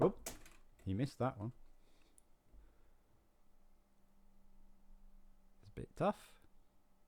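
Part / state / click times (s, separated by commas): plastic building brick onto brick studs / not seated / none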